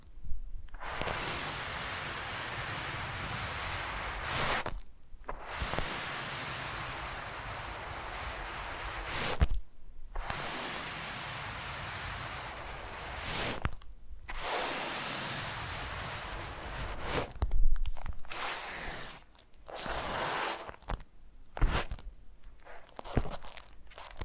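Foam being massaged gives long hissing, crackling swishes broken by brief silences, with sharper squeaky bursts and clicks near the end.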